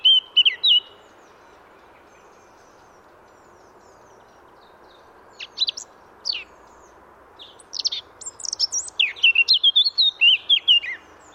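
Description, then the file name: Eurasian blackcap: a short whistled phrase, a long pause, a few scattered sharp notes, then a lively warble finishing in fluty whistles. "Sylvia atricapilla"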